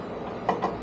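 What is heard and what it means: A plastic retaining tab is pushed in while an American Modified Matte Black Armor Grille is refitted to the front end of a 2017–2019 Ford F250/350/450 Super Duty truck. A single sharp hit rises out of low background noise at 0.5 s, with a softer tap shortly after. The tab locks into place.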